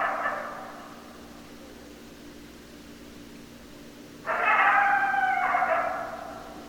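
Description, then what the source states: Coyotes howling, a chorus tailing off at the start, then silence and a fresh burst of layered wavering howls and yips near the end. Several coyotes, recorded 10 December 2012.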